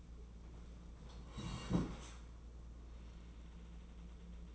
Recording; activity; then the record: daily activity, microphone in the room; sit down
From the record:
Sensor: 1